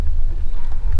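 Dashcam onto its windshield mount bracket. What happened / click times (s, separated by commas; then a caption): Handled, not yet seated: no click from the camera mount / none. A VAVA 2K-resolution dashcam, replacing a PRUVEEO dashcam, is handled against its windshield mount bracket behind the rear-view mirror. Only a steady low rumble and faint handling noise are heard, with no sharp transients. Nothing has seated or clicked yet.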